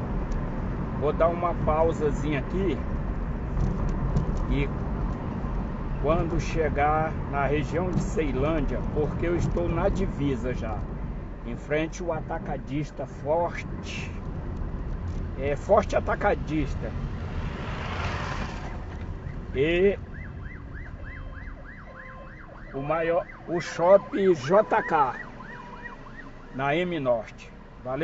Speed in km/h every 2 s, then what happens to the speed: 49, 46, 43, 42, 39, 36, 32, 28, 24, 14, 5, 0, 0, 0.
0-21 slows to 0. 21-28 standing.